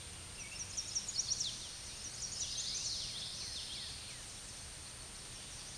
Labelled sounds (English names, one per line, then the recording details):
Common Yellowthroat song
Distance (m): 45 m
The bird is about 10 m above the microphone
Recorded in a Pennsylvania forest on 16 May 2024 at 07:33
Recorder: AudioMoth, point MSD-2494
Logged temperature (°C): 15.6 °C
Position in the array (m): 229 m, 182 m